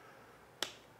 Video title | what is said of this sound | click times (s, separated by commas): Double the speed of your MacBook Pro **EVO 960 HOW TO UPGRADE** | hear it click and that means it's in properly all the way and | 0.6 s